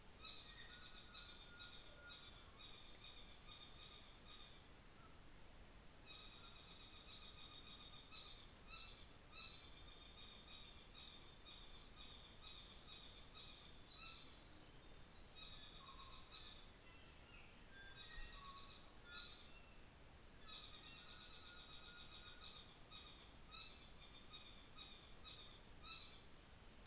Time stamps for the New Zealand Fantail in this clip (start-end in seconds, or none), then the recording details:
5.17-8.47. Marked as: faintness 2/5, faintness 3/5. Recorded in New Zealand on 24 December 2018. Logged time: 17:00